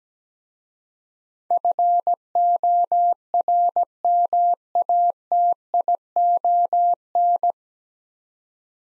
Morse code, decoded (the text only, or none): FORMATION